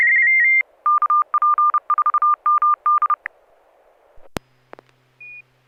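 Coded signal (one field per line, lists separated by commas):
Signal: Morse code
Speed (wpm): 33 wpm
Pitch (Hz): 1200 Hz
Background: none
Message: KP4MD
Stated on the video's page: SSTV net on an FM repeater at 441.300 MHz in Sacramento, CA, using MMSSTV software.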